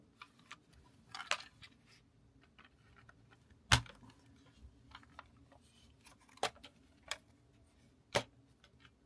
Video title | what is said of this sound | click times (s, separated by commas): "Picnic Bunny" : A Super Cute Polly Pocket Unboxing 🐰🍓 | It just needs to click in place and that's it. | 3.7 s